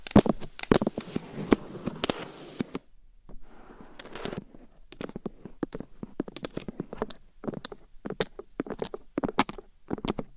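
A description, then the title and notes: Claws scratch and tap on a mic: dense scraping for the first three seconds, a rough scrape near four, then quick, irregular sharp taps. ASMR Binaural Mic Scratching & Tapping with Claws.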